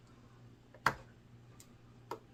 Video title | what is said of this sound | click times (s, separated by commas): How to Install a SSD into a PS5 | till it snaps into place | 0.9 s